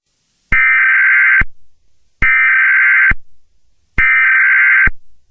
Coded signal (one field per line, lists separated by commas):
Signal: Emergency Alert System (SAME) tones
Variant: header bursts